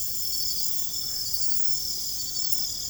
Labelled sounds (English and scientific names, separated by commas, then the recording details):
none
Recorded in secondary vegetation near Puerto Asís, Putumayo, Colombia, on 21 December 2024 at 22:00
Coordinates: 0.468, -76.324
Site G095